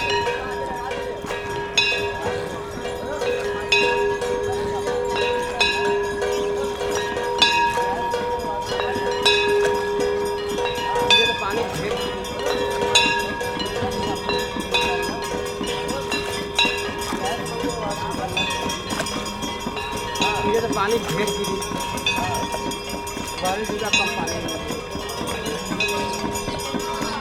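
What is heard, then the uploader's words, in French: Boatmen move along the Ganges past the ghats, with a steady sustained drone, scattered clinks and murmuring voices underneath throughout. Le jour se lève en Inde Il est 5 heures, Varanasi (Bénares) s'éveille. Comme chaque matin, les bateliers remontent le Gange. Ils longent les ghats, ces quais où les pèlerins viennent faire leurs offrandes au fleuve sacré. Travelling en barque, carte postale sonore.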